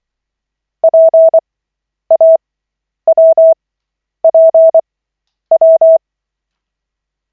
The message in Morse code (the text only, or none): PAWPW